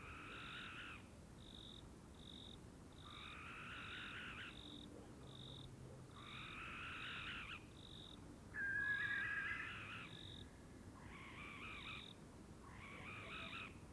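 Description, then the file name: Barn owl producing a series of harsh screeches, interspersed with short, evenly spaced high pips over a steady low hiss. A pair in courtship flight. "Common Barn Owl Courtship flight of pair"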